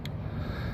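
A wiring harness plug is pushed onto a replaced variable valve timing (camshaft timing) solenoid, and its tongue-and-groove lock produces a sharp, short click at 0.1 s. The connector is seated and locked in place, with a low steady background hum throughout.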